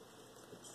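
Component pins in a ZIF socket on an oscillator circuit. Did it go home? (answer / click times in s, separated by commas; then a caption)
no / none. A component's pins are fitted back into a 14-pin zero-insertion-force (ZIF) socket on an oscillator circuit while the socket lever is handled. Only faint, steady broadband rustling and handling noise is heard, with a slight swell around 0.5 s. Nothing has seated or clicked yet, and the lever has not locked.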